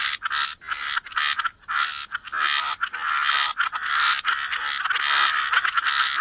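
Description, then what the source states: Frogs croaking almost without pause, raspy calls blending into a continuous chorus, a steady high tone running behind. Frog chorus mixed with white noise.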